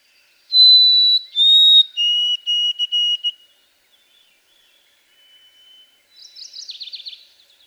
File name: White-throated Sparrow